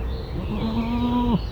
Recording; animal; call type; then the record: contact call of a hoofed animal; goat; low-frequency (closed-mouth) or high-frequency (open-mouth) call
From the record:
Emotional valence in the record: negative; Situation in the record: short social isolation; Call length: 1.52 s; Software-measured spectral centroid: 1580 Hz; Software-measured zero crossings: 860 a second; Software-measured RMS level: -24 dBFS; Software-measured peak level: -10 dBFS